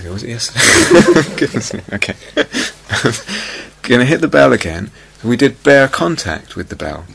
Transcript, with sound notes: Was it yesterday? [laughter] Goodness. Okay. Going to hit the bell again. We did bare contact with the bell.